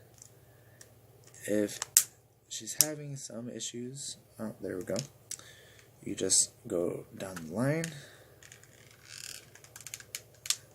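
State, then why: Seated. Someone talks while pressing the plastic back cover of a ZTE X Max phone down along its edge during a screen and display assembly replacement, working down the line so the row of clips snaps into the frame. Sharp clicks land at about 9.9, 10.2, 10.5 and 10.5 seconds as the clips seat one after another.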